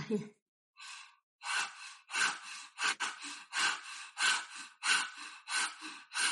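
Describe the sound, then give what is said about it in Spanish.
A person pants heavily through an open mouth with the tongue stuck far out, as a yoga breathing exercise, with about a dozen quick, breathy huffs in a steady rhythm, each one loud and raspy, with no talking. “Entonces vas a hacer eso y vas a respirar por la boca como si quisieras jadear.”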